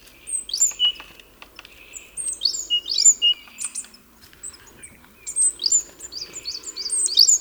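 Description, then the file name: Great tit calls: high, sharp chirps and short buzzy notes in loose bursts, with a quieter gap in the middle. "Parus major"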